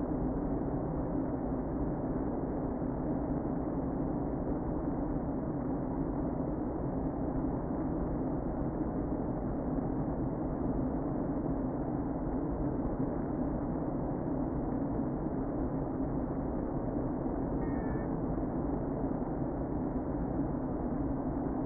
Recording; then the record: honeybee colony, microphone inside the hive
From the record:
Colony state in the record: queen present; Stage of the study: before two queens were removed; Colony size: about 60,000 bees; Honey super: yes